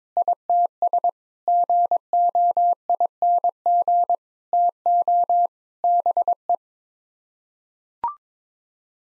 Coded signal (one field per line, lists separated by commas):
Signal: Morse code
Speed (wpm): 22 wpm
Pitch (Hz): 700 Hz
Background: none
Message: ITS GOING TO BE